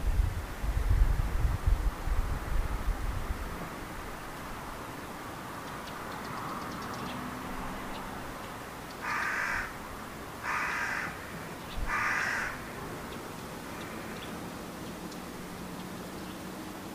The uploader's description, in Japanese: トリ